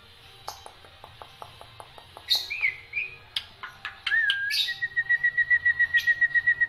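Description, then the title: Black-winged myna song starting with evenly spaced soft clicks, then harsh whistles and a fast steady trill of repeated pips. Dense, non-stop song with many variations, used as a tutor recording for training songbirds. "Kicauan Rapat Jalak Putih Gacor Banyak Variasi Untuk Masteran"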